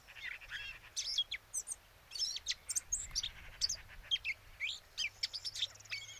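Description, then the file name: Eurasian blackcap uttering quick clusters of high chirps and slurred notes, spaced by brief pauses, over low background hiss. "Sylvia atricapilla"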